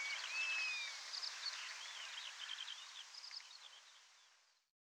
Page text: European Golden Plover Flight Display Call, Quick Sounds